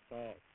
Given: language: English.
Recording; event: throat vibration sensor signal played as sound; speech